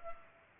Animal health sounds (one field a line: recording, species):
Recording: mosquito wingbeat signal from an infrared sensor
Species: Culex pipiens